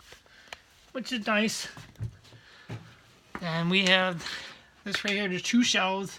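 A wooden cabinet door on a bar build is closed onto a small magnetic catch that holds it shut, giving a sharp, short click at 0.5 s as the catch seats. Someone talks for the rest of the clip.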